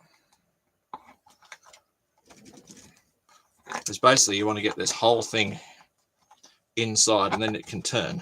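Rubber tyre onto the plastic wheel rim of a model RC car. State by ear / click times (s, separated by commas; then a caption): not seated / none. A rubber tyre is worked by hand onto the plastic wheel rim of a Tamiya Hornet model RC car so the whole piece gets inside the rim and can turn. Faint taps and rubbery handling noises come in the first few seconds while someone talks. The tyre is handled but not yet home, and nothing has seated or clicked yet.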